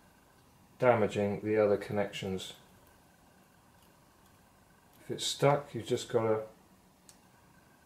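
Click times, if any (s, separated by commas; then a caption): 7.1 s. Someone talks while working on a jammed internal ribbon connector in a Canon PowerShot G10 compact digital camera, wiggling it back and forth during a screen replacement. After a quiet pause, a single short click at 7.1 s marks the stuck connector coming loose.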